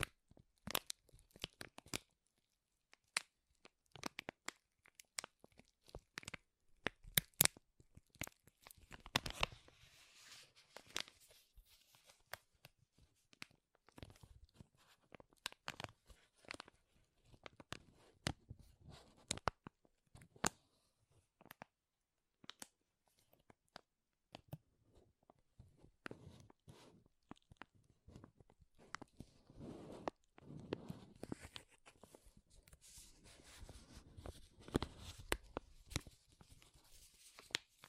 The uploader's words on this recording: ASMR Powerful Crinkles to Make You Tingle (No Talking).